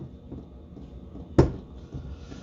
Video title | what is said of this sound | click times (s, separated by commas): 2003-2008 TOYOTA COROLLA/MATRIX, 2003-2008 Pontiac Vibe Wiper linkage replacement. part 1 of 2 | locks in place then you take that over the vehicle | 1.4 s